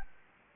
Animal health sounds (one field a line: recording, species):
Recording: mosquito wingbeat signal from an infrared sensor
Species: Anopheles gambiae